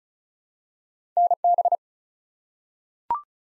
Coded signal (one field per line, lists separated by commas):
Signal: Morse code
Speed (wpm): 36 wpm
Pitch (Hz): 700 Hz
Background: none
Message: NB